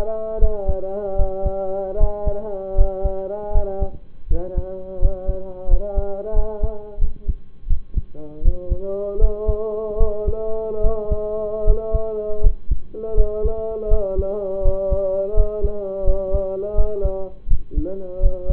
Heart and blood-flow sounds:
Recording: heart sounds by stethoscope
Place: between the tricuspid and mitral areas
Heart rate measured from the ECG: 81 bpm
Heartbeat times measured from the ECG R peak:
0.38 s: heartbeat
1.16 s: heartbeat
1.97 s: heartbeat
2.74 s: heartbeat
3.51 s: heartbeat
4.27 s: heartbeat
4.98 s: heartbeat
5.67 s: heartbeat
6.33 s: heartbeat
6.98 s: heartbeat
7.67 s: heartbeat
8.41 s: heartbeat
9.18 s: heartbeat
9.97 s: heartbeat
10.81 s: heartbeat
11.63 s: heartbeat
12.40 s: heartbeat
13.14 s: heartbeat
13.88 s: heartbeat
14.61 s: heartbeat
15.33 s: heartbeat
16.04 s: heartbeat
16.74 s: heartbeat
17.47 s: heartbeat
18.19 s: heartbeat
From the record:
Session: rest, lying down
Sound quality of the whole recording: partially saturated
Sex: male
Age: 25 years

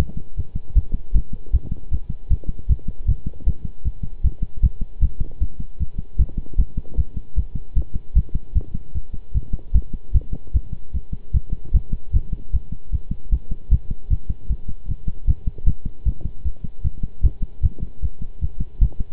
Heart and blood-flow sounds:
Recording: heart sounds by stethoscope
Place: between the tricuspid and mitral areas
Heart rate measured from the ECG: 153 bpm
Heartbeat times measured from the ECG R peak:
0.37 s: heartbeat
0.75 s: heartbeat
1.14 s: heartbeat
1.53 s: heartbeat
1.91 s: heartbeat
2.30 s: heartbeat
2.69 s: heartbeat
3.08 s: heartbeat
3.46 s: heartbeat
3.85 s: heartbeat
4.24 s: heartbeat
4.63 s: heartbeat
5.02 s: heartbeat
5.41 s: heartbeat
5.79 s: heartbeat
6.19 s: heartbeat
6.58 s: heartbeat
6.97 s: heartbeat
7.36 s: heartbeat
7.76 s: heartbeat
8.15 s: heartbeat
8.55 s: heartbeat
8.94 s: heartbeat
9.34 s: heartbeat
9.74 s: heartbeat
10.14 s: heartbeat
10.54 s: heartbeat
10.94 s: heartbeat
11.34 s: heartbeat
11.74 s: heartbeat
12.13 s: heartbeat
12.53 s: heartbeat
12.92 s: heartbeat
13.32 s: heartbeat
13.71 s: heartbeat
14.10 s: heartbeat
14.49 s: heartbeat
14.88 s: heartbeat
15.27 s: heartbeat
15.67 s: heartbeat
16.06 s: heartbeat
16.45 s: heartbeat
16.84 s: heartbeat
17.23 s: heartbeat
17.63 s: heartbeat
18.02 s: heartbeat
18.41 s: heartbeat
18.81 s: heartbeat
From the record:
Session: pedaling a stationary bicycle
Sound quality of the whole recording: good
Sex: male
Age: 23 years

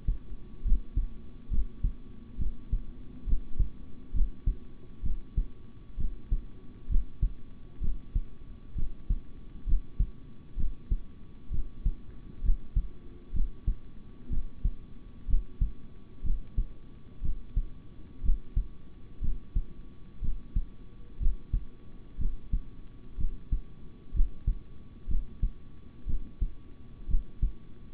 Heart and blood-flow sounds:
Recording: heart sounds by stethoscope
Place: between the tricuspid and mitral areas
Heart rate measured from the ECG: 64 bpm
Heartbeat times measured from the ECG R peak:
0.63 s: heartbeat
1.50 s: heartbeat
2.38 s: heartbeat
3.26 s: heartbeat
4.13 s: heartbeat
5.02 s: heartbeat
5.97 s: heartbeat
6.88 s: heartbeat
7.80 s: heartbeat
8.75 s: heartbeat
9.66 s: heartbeat
10.56 s: heartbeat
11.50 s: heartbeat
12.42 s: heartbeat
13.33 s: heartbeat
14.29 s: heartbeat
15.27 s: heartbeat
16.23 s: heartbeat
17.21 s: heartbeat
18.22 s: heartbeat
19.21 s: heartbeat
20.21 s: heartbeat
21.19 s: heartbeat
22.18 s: heartbeat
23.17 s: heartbeat
24.13 s: heartbeat
25.07 s: heartbeat
26.06 s: heartbeat
27.07 s: heartbeat
From the record:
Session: rest, sitting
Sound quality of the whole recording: good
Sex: male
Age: 26 years

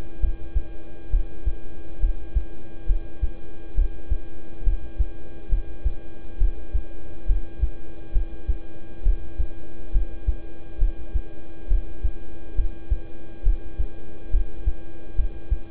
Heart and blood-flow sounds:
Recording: heart sounds by stethoscope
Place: between the tricuspid and mitral areas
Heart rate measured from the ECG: 68 bpm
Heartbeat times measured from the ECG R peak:
0.20 s: heartbeat
1.10 s: heartbeat
2.00 s: heartbeat
2.86 s: heartbeat
3.75 s: heartbeat
4.64 s: heartbeat
5.49 s: heartbeat
6.38 s: heartbeat
7.26 s: heartbeat
8.12 s: heartbeat
9.03 s: heartbeat
9.92 s: heartbeat
10.78 s: heartbeat
11.68 s: heartbeat
12.55 s: heartbeat
13.43 s: heartbeat
14.31 s: heartbeat
15.15 s: heartbeat
From the record:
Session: rest, lying down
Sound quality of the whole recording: good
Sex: male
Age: 26 years

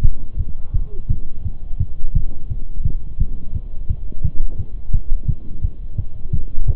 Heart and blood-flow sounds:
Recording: heart sounds by stethoscope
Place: between the tricuspid and mitral areas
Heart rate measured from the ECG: 172 bpm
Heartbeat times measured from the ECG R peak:
0.04 s: heartbeat
0.39 s: heartbeat
0.74 s: heartbeat
1.10 s: heartbeat
1.45 s: heartbeat
1.80 s: heartbeat
2.15 s: heartbeat
2.50 s: heartbeat
2.85 s: heartbeat
3.20 s: heartbeat
3.55 s: heartbeat
3.90 s: heartbeat
4.24 s: heartbeat
4.59 s: heartbeat
4.94 s: heartbeat
5.28 s: heartbeat
5.64 s: heartbeat
5.98 s: heartbeat
6.33 s: heartbeat
6.68 s: heartbeat
From the record:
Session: Bruce protocol treadmill stress test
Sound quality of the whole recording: partially saturated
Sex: male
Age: 23 years

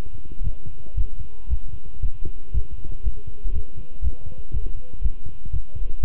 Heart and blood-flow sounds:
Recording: heart sounds by stethoscope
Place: between the tricuspid and mitral areas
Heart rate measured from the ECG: 118 bpm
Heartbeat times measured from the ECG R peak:
0.44 s: heartbeat
0.96 s: heartbeat
1.49 s: heartbeat
2.02 s: heartbeat
2.54 s: heartbeat
3.04 s: heartbeat
3.54 s: heartbeat
4.03 s: heartbeat
4.53 s: heartbeat
5.03 s: heartbeat
5.52 s: heartbeat
6.02 s: heartbeat
From the record:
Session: walking at 3.7 km/h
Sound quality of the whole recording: good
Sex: male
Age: 25 years

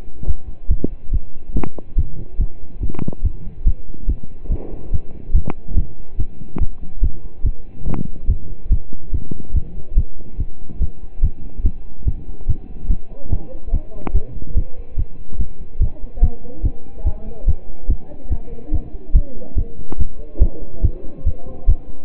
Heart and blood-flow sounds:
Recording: heart sounds by stethoscope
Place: between the tricuspid and mitral areas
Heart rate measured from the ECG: 143 bpm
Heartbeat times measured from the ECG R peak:
0.27 s: heartbeat
0.70 s: heartbeat
1.13 s: heartbeat
1.55 s: heartbeat
1.97 s: heartbeat
2.40 s: heartbeat
2.82 s: heartbeat
3.24 s: heartbeat
3.66 s: heartbeat
4.08 s: heartbeat
4.50 s: heartbeat
4.92 s: heartbeat
5.34 s: heartbeat
5.77 s: heartbeat
6.19 s: heartbeat
6.61 s: heartbeat
7.03 s: heartbeat
7.45 s: heartbeat
7.87 s: heartbeat
8.29 s: heartbeat
8.71 s: heartbeat
9.13 s: heartbeat
9.55 s: heartbeat
9.97 s: heartbeat
10.39 s: heartbeat
10.81 s: heartbeat
11.23 s: heartbeat
11.65 s: heartbeat
12.07 s: heartbeat
12.48 s: heartbeat
12.90 s: heartbeat
13.32 s: heartbeat
13.73 s: heartbeat
14.15 s: heartbeat
14.56 s: heartbeat
14.98 s: heartbeat
15.39 s: heartbeat
15.81 s: heartbeat
16.23 s: heartbeat
16.64 s: heartbeat
17.06 s: heartbeat
17.47 s: heartbeat
17.89 s: heartbeat
18.31 s: heartbeat
18.73 s: heartbeat
19.15 s: heartbeat
19.57 s: heartbeat
19.99 s: heartbeat
20.41 s: heartbeat
20.83 s: heartbeat
21.26 s: heartbeat
21.68 s: heartbeat
From the record:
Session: pedaling a stationary bicycle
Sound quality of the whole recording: partially saturated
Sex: male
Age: 27 years

